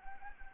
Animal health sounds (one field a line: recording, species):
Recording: mosquito wingbeat signal from an infrared sensor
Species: Anopheles arabiensis